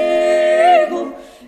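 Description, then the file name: Dog giving a single drawn-out whining tone, steady then briefly rising near the end, rich in harmonics, fading away after under a second. "Hunden"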